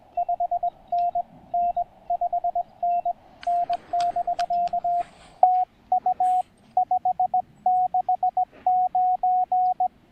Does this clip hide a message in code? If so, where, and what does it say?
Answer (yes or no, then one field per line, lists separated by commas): yes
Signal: Morse code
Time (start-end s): 0.2-9.9 s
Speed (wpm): 20 wpm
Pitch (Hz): 690 Hz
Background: radio noise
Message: 5NN 5NN<BK> TU 569